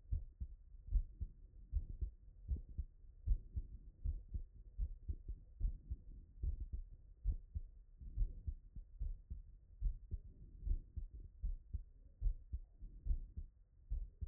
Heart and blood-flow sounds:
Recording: heart sounds by stethoscope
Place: Erb's point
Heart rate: 72 bpm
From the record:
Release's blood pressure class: hypertension stage 1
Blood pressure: 135/79 mmHg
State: after exercise

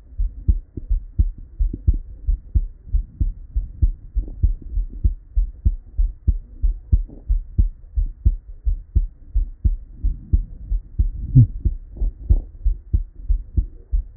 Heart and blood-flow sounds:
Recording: heart sounds by stethoscope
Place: Erb's point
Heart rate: 91 bpm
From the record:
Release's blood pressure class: hypertension stage 1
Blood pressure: 131/85 mmHg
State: at rest

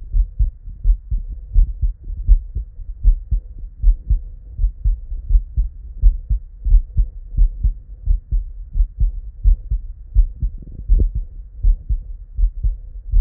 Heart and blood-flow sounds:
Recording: heart sounds by stethoscope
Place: Erb's point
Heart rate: 83 bpm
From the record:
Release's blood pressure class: normal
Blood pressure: 107/61 mmHg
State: at rest

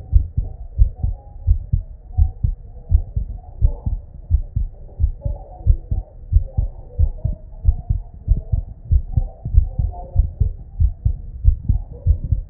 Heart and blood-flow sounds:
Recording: heart sounds by stethoscope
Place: Erb's point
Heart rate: 91 bpm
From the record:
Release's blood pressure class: normal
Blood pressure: 107/60 mmHg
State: at rest

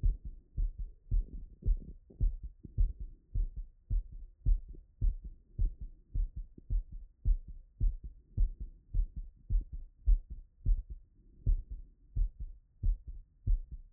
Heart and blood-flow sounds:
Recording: heart sounds by stethoscope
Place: Erb's point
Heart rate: 101 bpm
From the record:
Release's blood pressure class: hypertension stage 2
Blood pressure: 140/68 mmHg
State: after exercise

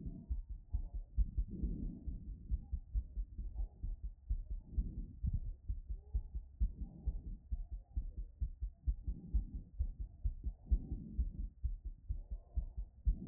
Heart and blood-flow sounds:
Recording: heart sounds by stethoscope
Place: Erb's point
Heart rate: 125 bpm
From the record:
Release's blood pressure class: elevated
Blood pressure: 123/76 mmHg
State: after exercise

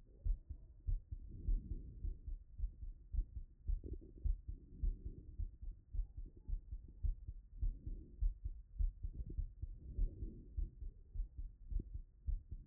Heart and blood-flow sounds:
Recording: heart sounds by stethoscope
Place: Erb's point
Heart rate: 98 bpm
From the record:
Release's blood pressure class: hypertension stage 1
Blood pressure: 125/84 mmHg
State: after exercise

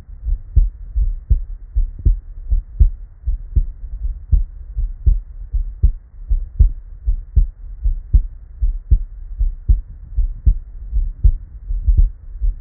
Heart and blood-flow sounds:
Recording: heart sounds by stethoscope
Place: Erb's point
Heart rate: 79 bpm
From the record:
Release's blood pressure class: normal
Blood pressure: 97/65 mmHg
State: at rest

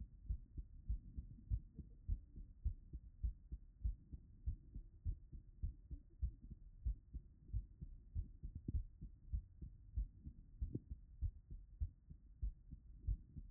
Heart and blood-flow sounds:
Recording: heart sounds by stethoscope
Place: Erb's point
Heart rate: 95 bpm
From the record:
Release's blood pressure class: hypertension stage 2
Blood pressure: 176/103 mmHg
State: after exercise

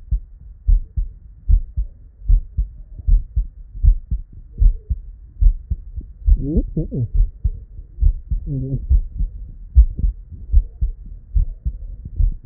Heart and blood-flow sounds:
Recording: heart sounds by stethoscope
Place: Erb's point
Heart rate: 73 bpm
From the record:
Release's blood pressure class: hypertension stage 2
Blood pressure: 145/69 mmHg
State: at rest

